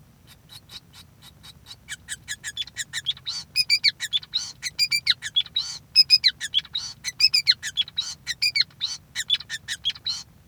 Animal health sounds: song of a male Bengalese finch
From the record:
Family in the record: son of father 5

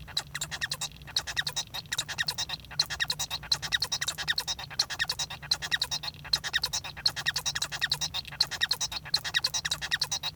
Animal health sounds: song of a male Bengalese finch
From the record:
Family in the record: son of father 1

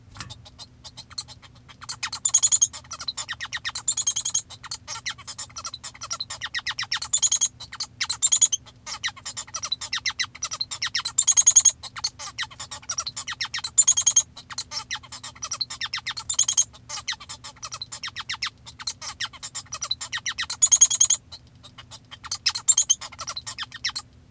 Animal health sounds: song of a male Bengalese finch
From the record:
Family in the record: father 1

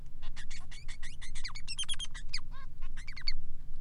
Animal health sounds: song of a male Bengalese finch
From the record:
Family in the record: son of father 3

